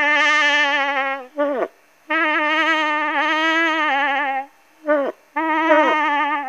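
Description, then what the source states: Moose cow calling: long nasal, wavering moans, three drawn-out calls separated by brief gasping breaks, loud and clear. Female moose calling while being harassed.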